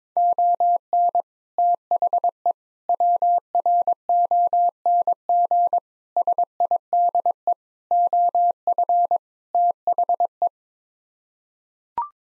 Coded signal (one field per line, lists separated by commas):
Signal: Morse code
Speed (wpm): 22 wpm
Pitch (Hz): 700 Hz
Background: none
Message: ON THE WRONG SIDE OF THE